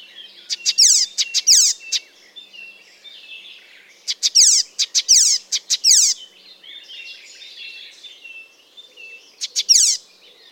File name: Ruud van Beusekom - Zelenaya peresmeshka Hippolais icterina